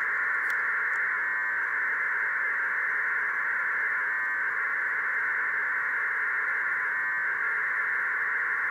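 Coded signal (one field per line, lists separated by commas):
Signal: radiosonde or satellite telemetry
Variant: 1200 baud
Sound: steady, rough, buzzing data warble that runs without a break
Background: radio static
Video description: Receiving the signal from the hadie flight computer, 10km away. This test was to see if it was possible to fly a balloon transmitting at the much faster speed of 1200 baud.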